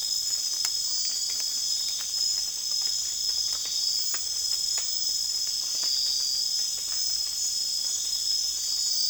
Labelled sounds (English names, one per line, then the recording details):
none
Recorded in secondary vegetation near Puerto Asís, Putumayo, Colombia, on 30 June 2025 at 01:30
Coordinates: 0.485, -76.322
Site GP06